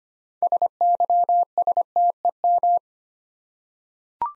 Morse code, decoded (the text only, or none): SYSTEM